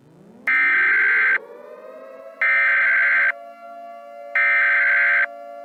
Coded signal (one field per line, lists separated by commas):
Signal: Emergency Alert System (SAME) tones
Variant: header bursts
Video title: Anomalous Goat: Mini EAS Scenario